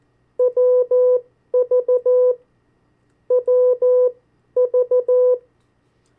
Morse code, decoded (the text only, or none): WV WV